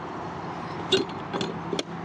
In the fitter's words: There we go. Locks in place.